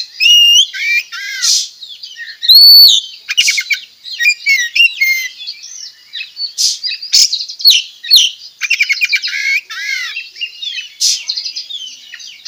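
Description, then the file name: Oriental magpie-robin singing a long, varied medley of sweet whistled phrases, descending slurs, quick trills and harsh chattering notes in a steady, energetic stream. Bird from Tretes singing actively (gacor); tembakan-type song. "Tembakan Kacer Tretes Gacor"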